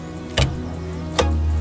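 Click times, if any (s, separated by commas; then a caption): 0.4 s. Someone pulls the interior hood release handle beside the driver's seat of a car, and the hood latch releases with a sharp click at 0.4 s, unlatching the hood. A second sharp sound follows at 1.2 s over a steady low hum.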